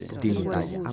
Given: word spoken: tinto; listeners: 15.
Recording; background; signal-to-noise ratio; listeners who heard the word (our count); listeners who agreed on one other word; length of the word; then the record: one Spanish word in noise, from a listening test; four-talker babble; 0.9 dB; 0 of 15; 14 of 15; 0.53 s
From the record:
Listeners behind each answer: 14, 1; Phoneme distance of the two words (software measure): 10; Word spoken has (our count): 2 syllables, 5 phonemes, stress on syllable 1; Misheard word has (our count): 2 syllables, 5 phonemes, stress on syllable 1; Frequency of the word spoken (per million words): 5.76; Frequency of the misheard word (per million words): 10.24